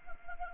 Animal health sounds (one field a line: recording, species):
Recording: mosquito wingbeat signal from an infrared sensor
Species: Anopheles arabiensis